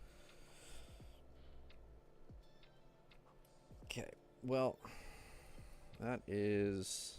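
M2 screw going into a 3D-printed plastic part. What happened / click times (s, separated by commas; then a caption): The small screw stopped with a single click but did not seat fully / 3.9 s. An M2 screw is driven into a tight hole in a 3D-printed plastic part, producing faint ticks and small scraping sounds. A sharp click comes at 3.9 s, and someone then talks. The screw is not seated all the way down.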